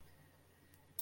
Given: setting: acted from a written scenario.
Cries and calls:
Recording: vocal sound without words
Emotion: serenity

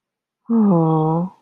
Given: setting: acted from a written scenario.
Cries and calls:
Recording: vocal sound without words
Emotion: sympathy

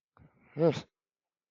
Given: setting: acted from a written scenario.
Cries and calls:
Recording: vocal sound without words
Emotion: romantic love

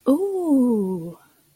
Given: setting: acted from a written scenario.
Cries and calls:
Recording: vocal sound without words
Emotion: interest

